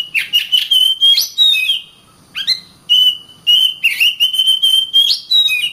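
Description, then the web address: Oriental magpie-robin song, loud and fast, mixing rapid clicking notes with clear whistled phrases, broken by a short pause. Loud song, used as training audio for teaching other birds (masteran). "Suara kacer ngplong keras. masteran burung kacer"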